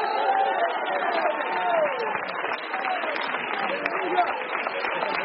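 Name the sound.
audience applauding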